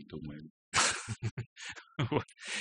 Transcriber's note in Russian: смеется